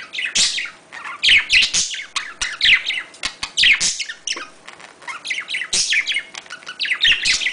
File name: Budgie Sounds